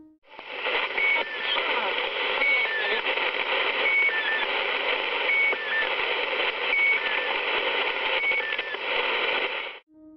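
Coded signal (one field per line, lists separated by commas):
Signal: channel marker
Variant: Squeaky Wheel (S32)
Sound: loud hiss with a faint two-note falling squeak repeating about every 1.5 seconds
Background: radio static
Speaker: segunda é a de Squeak Wheel, ou S32, operando na frequência de 5.473 kHz durante o dia e 3.828 kHz durante a noite.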